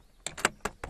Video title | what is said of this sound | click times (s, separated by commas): Volvo XC60 огляд салону і підкапотки | підголівника так він зафіксувався | 0.3 s